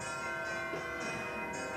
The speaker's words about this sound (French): Oh, les maudites cloches, quand auront-elles fini de me mener en terre?